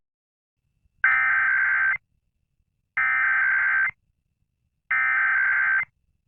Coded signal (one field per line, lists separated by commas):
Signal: Emergency Alert System (SAME) tones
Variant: header bursts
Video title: EAS Scenario: Hunter Error 6: Hunter Error's Crazy Revenge